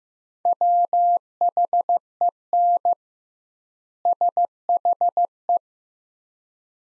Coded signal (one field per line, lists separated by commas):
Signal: Morse code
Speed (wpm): 15 wpm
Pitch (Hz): 700 Hz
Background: none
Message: WHEN SHE